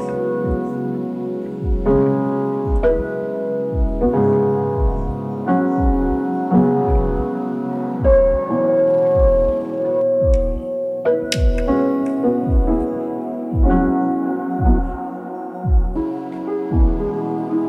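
An old piano plays a steady, chordal passage with notes struck roughly every half second to a second, each attack clear at the start. Rich sustained tones ring low and middle between strikes, with a brighter accent near eleven seconds.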